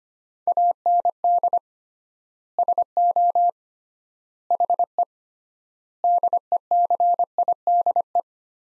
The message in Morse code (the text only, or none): AND SO HE DECIDE